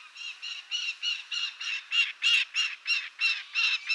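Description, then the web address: Lanner falcon calling in evenly spaced harsh, nasal notes, roughly three per second, a steady repeated chatter. "Lanner-falcon صدای-پرنده-لاچين"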